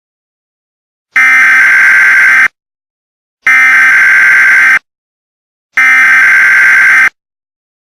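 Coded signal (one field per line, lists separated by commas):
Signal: Emergency Alert System (SAME) tones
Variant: header bursts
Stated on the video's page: Fictional EAS scenario about nuclear chaos in Oklahoma and an abduction in Maine.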